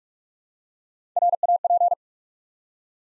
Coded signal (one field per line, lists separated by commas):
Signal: Morse code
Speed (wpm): 44 wpm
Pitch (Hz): 700 Hz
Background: none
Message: RAP